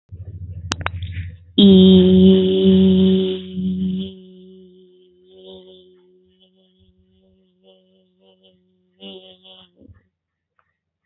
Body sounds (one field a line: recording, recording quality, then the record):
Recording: sustained vowel as in beet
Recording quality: excellent, no background noise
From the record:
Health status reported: healthy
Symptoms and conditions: none ticked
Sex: female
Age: 29 years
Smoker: not ticked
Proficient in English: yes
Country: India